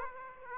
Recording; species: mosquito wingbeat signal from an infrared sensor; Aedes aegypti